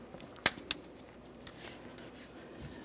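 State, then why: Seated. A coolant hose quick-connect fitting on a 2011-2015 Chevrolet Cruze, during radiator replacement, is lined up on the radiator outlet and pushed down until it clicks into place at 0.5 s. A second sharp click follows at 0.7 s and a faint tick near 1.5 s over low background noise. The connector is seated and confirmed, checked by listening for the click and giving it a wiggle test.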